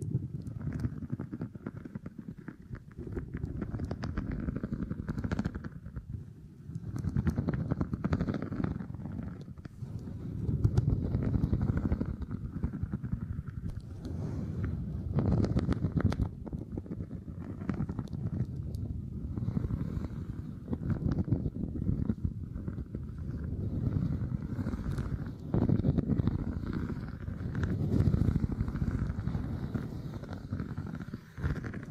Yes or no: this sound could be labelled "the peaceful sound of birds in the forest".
no